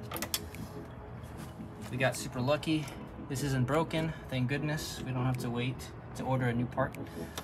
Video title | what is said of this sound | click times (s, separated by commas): Adding More Horsepower E92 M3 Underdrive Pulley Kit Install and Review E90 E93 BMW | got the fan and the bolt in now we're gonna don't forget to plug this in so you just push it in until it clicks | 0.3 s